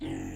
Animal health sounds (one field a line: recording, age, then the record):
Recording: pig call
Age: weaner (32 to 43 days)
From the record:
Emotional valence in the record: negative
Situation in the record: negative conditioning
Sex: female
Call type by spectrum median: low-frequency call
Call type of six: low-frequency stable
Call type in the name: low-frequency stable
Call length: 0.35 s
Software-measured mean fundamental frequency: 53 Hz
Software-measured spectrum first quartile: 236 Hz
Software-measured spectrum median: 357 Hz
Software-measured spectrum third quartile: 1269 Hz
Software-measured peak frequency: 310 Hz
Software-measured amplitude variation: 117 dB a second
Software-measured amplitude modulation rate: 35.2 a second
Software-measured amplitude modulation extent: 3.3 dB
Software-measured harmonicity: 2.0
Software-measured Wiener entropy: -2.14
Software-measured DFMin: 891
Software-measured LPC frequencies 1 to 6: 325, 1939, 2708, 3155, 6786, 7251 Hz